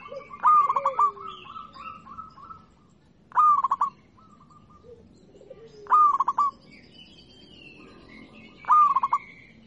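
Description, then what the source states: Zebra dove cooing song, phrases of rapid staccato notes repeated roughly every three seconds, with softer drawn-out notes and faint lower sliding calls between them. Local-type (lokal) zebra dove song (kicau).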